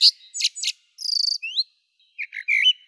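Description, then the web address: Common blackbird calls: a quick series of sharp, high chirps, then a buzzy rattling note, a short rising whistle, and a few squeaky twittering notes near the end. "Turdus merula"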